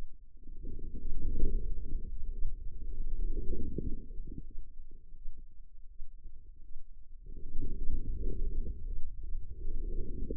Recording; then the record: forearm muscle sounds (acoustic myography)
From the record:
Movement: inward rotation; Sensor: system 2, bracelet of six BSWA MPA416 microphones around the upper forearm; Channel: 5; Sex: female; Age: 25 years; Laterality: right